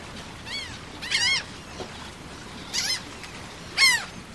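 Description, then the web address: Gull calls, sharp arching cries with bright harmonics, given in short bursts about four times over a few seconds, against a quiet background hiss. "bird seagull"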